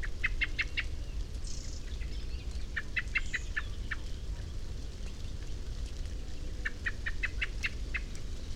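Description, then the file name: Common blackbird calls, several quick bursts of sharp clicking chinks separated by short pauses, against a constant low rumble. "Turdus merula"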